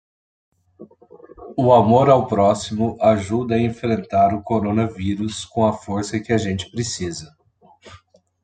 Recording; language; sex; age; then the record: spoken sentence; Brazilian Portuguese; male; 30 to 39 years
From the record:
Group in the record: control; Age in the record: 34 years